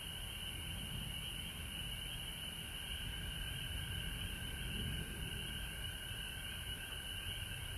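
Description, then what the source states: Frogs giving a faint continuous trilling chorus in two pitch bands, with low rumbling noise underneath. Frogs recorded at home in Georgia on March 19, 2020.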